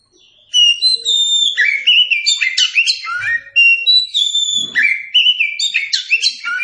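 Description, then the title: Oriental magpie-robin singing a rich, varied song of clear whistles, slurred rising and falling notes and quick chattering phrases, loud and nearly continuous. Song recording used as a model for training captive birds. "Masteran Burung Kacer"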